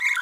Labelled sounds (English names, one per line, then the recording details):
Green-rumped Parrotlet babbling
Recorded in a nest box in Venezuela
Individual 18B25A4